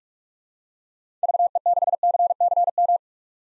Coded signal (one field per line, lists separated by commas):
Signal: Morse code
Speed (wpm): 43 wpm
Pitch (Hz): 700 Hz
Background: none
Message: VE6CCM